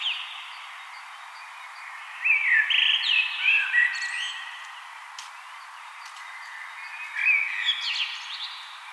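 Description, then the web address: Common blackbird delivering leisurely fluted phrases with squeaky high flourishes, spaced by pauses of a few seconds; faint clicks in the background. "vogelstimmen amsel gesang nabu lars lachmann"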